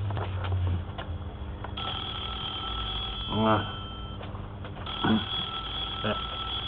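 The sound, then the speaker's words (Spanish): A telephone rings early in the morning in Luis's house, in steady, bright electronic tones, two sustained ring bursts following one another over a low background murmur with a couple of brief voiced sounds. “Precisamente al otro día, bien tempranito, sonó el teléfono en la casa de Luis.”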